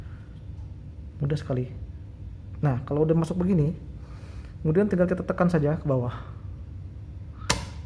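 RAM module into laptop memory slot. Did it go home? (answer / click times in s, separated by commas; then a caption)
yes / 7.5 s. Someone talks while a RAM module, already inserted at an angle into the memory slot of an old HP ProBook 4420s laptop during a RAM and SSD upgrade, is pressed down. A single sharp click at 7.5 s marks the side clips snapping shut, and the module is seated and held in place.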